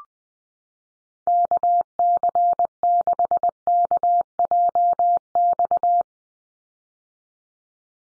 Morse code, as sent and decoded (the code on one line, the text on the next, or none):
-.- -.-. -.... -.- .--- -..-
KC6KJX